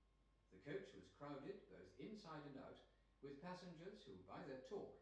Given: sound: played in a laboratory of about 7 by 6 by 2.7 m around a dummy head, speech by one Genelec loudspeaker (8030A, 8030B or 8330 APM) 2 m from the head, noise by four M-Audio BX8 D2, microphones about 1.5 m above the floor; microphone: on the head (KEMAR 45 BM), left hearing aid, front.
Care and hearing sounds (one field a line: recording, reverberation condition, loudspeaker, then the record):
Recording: male speech in English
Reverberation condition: medium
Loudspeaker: 120 degrees to the right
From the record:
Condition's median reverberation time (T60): about 510 ms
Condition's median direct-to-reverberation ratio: about -0.5 dB